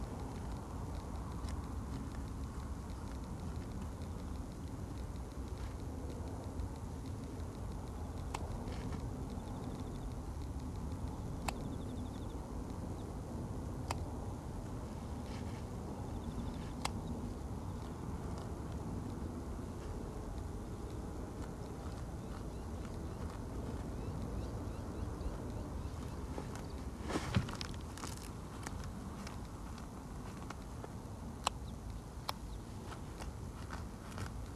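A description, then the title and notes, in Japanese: Weeds are snipped at the base with scissors beside slow-growing carrots, the sharp clicks coming now and then, around 11, 14, 17, 27 and 31 seconds. A steady low rumble of distant passing cars runs throughout, with a faint high insect or bird call. 人参除草 お昼前。ゆっくり育つ人参を、追い越そうとしてくる草を、ハサミで根元を切っていきます。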